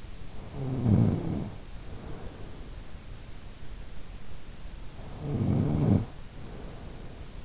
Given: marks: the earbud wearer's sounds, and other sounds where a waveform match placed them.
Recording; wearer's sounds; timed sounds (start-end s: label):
sounds in sleep by an in-ear microphone; snoring breath
0.02-2.64 s: snoring breath
4.94-7.45 s: snoring breath